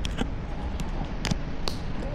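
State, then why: Not seated. A power supply cable's plastic connector is handled against a power supply tester after a failed first attempt to push it in. Short sharp handling clicks and taps sound at about 0.1, 0.2, 0.8, 1.3 and 1.7 seconds over a steady low background hum. The connector has not seated or clicked into the tester yet.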